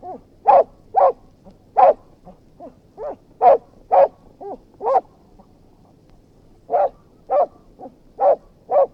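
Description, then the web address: Dog barking in quick pairs and triplets with thin whining yelps between, a longer quiet pause, then another run of barks. Anxious dog barking with whines. "BBC Dog Anx BBC-Historical. dog anxious barking with whines"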